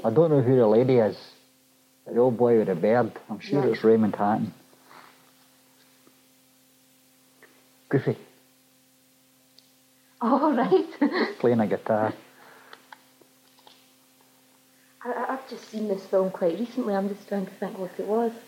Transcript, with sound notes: I don't know who the lady is, but the old boy with the beard, I'm sure it's Raymond Hatton. [pause]
Aw right [laughs]
Playing a guitar!
I just seen this film quite recently, I'm just trying to think what it was.